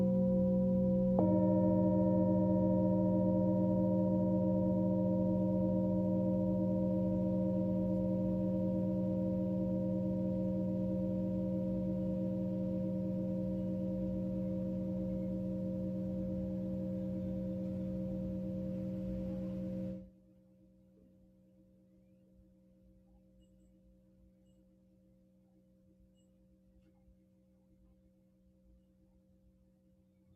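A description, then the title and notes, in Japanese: A singing bowl rings in a steady, layered hum, with a second strike about a second in adding brighter overtones. The tone sustains and fades very slowly, then cuts off abruptly at about twenty seconds, leaving only a faint low hum. メキシコから シンギングボウルのサウンドヒーリング ライブ。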